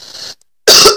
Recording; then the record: coughing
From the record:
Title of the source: November cold (wet coughing)